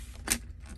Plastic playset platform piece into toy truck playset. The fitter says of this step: there you go clicks